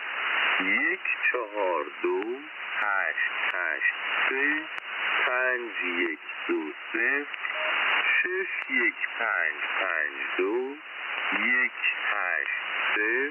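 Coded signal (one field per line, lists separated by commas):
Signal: numbers station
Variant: Farsi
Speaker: So, I thought you might like to hear what a numbers station sounds like. Just in case you've never heard one before.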